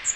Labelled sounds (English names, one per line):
Magnolia Warbler flight call